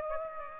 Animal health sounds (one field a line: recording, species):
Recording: mosquito wingbeat signal from an infrared sensor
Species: Aedes aegypti